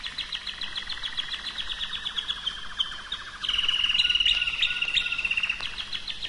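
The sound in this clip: Canary singing rapid repeated notes that run into a bright, fast rolling trill, with brief sharp chips scattered through.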